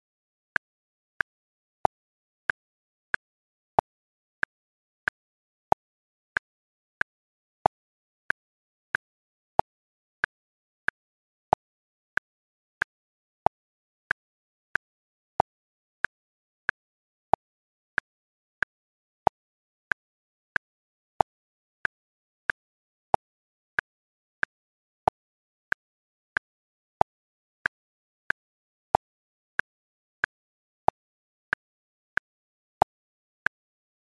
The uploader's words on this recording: 3-Hour Metronome at 93 BPM • 3/4.